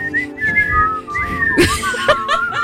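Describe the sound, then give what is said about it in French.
Someone whistles a wavering melody, the pitch sliding between high notes in short phrases, with a brief breathy burst midway and faint background noise underneath. “Il se la pète parce qu'il s'est sifflé comme un dieu.”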